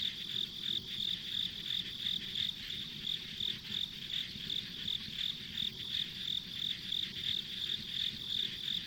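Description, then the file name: Insects chirping, a bright pulsed trill repeated about three times a second over a steady high hiss. Ambient insect sounds on a rural country road. "田舎道の虫の環境音"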